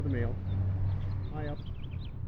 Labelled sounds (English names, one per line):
House Finch song